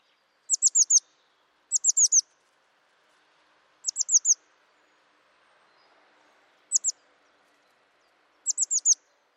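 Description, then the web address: Bird calls: very high, thin chirps in quick bursts of three or four down-slurred notes, repeated at irregular intervals of one to three seconds, one burst reduced to a single note; otherwise quiet. "Deverinetal 2025. Bird Only"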